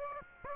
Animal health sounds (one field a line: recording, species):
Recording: mosquito wingbeat signal from an infrared sensor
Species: Aedes aegypti